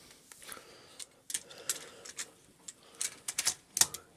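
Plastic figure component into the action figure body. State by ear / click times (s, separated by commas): seated / 3.8 s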